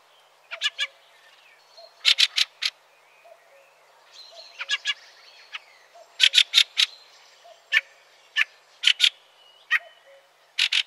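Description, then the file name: Fieldfare rasping chack calls in short clusters, repeated irregularly, over soft background hiss. "Grive litorne"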